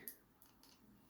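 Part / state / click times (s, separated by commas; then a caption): plastic arm section of a transforming robot toy / not seated / none. The plastic arm section of a transforming robot toy is folded the other way after first being folded the wrong way. There are a few faint, short plastic ticks and handling noises around 0.1 s, 0.4 s and 0.6 s. The arm joint does not click into place, and nothing has seated or clicked.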